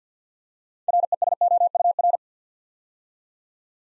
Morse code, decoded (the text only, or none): RESOUR